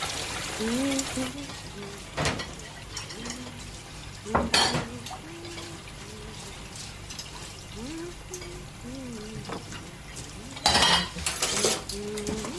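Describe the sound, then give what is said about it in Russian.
Dishes clink and clatter as a woman washes them in a kitchen, with sharp bursts of clanging at a few points and running water, while a voice murmurs faintly underneath. “Жена моет посуду.”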